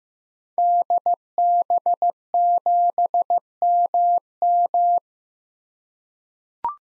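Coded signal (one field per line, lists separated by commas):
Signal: Morse code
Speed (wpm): 15 wpm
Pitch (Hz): 700 Hz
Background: none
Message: DB7MM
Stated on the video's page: Morse drill of common SOTA activator callsigns at 15 wpm; each is sent, spoken, then sent again.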